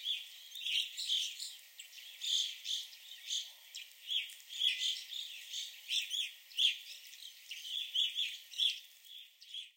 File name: Evening Grosbeaks at the Sax-Zim Bog Visitor Center